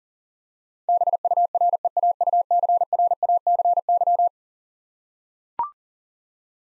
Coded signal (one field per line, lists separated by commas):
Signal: Morse code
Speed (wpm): 37 wpm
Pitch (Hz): 700 Hz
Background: none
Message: BUREAUCRACY